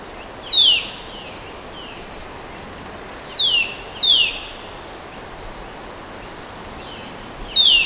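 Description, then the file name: Eurasian nuthatch calling: sharp descending whistled notes, single or paired, every few seconds over steady background hiss. "Sitta europaea"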